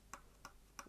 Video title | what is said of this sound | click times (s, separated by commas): Accessories: Canon Legria HF-G25 (Vixia HF-G20) | There's a tiny little lever that just clips down there that locks it into place. | 0.1 s, 0.4 s, 0.8 s